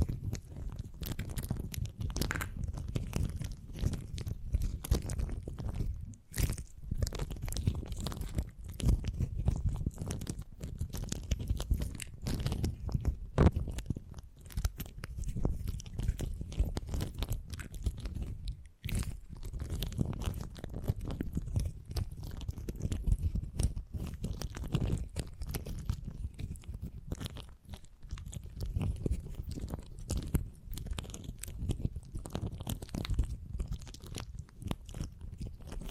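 Beeswax is squeezed and worked in dense, crackly bursts with soft low thuds, a steady sticky crunching broken by sharp clicks throughout.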